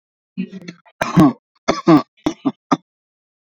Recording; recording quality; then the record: shallow voluntary cough; excellent, no background noise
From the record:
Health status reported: healthy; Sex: male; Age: 29 years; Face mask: worn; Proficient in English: yes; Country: India